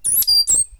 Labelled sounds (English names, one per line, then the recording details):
Stitchbird song
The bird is a male
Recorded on Tiritiri Matangi Island, New Zealand, in 2005
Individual 8, of nest box 10